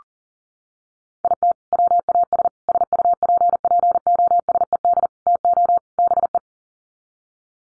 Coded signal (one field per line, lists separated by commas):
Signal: Morse code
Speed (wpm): 40 wpm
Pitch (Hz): 700 Hz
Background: none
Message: IT WAS SUPPOSED TO BE